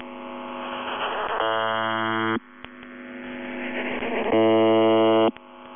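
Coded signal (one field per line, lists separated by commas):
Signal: channel marker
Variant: UVB-76, The Buzzer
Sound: two harsh one-second buzzes about three seconds apart over hiss and interference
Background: radio static, interference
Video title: [UVB-76, The Buzzer] Screaming and other interferences; 22. Feb 2020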